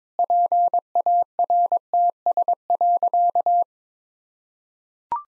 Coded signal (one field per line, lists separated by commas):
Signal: Morse code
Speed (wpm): 22 wpm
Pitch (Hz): 700 Hz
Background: none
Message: PARTS.